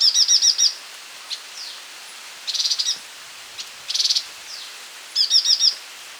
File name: Striated yuhina